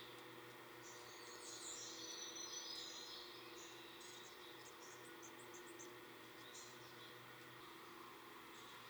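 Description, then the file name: Blackburnian warbler song, a series of thin, very high-pitched notes followed by a quick run of sharp high ticks, over a constant low hum. "song-Christopher-Mc Pherson-Blackburnian-Warbler-Setophaga-fusca"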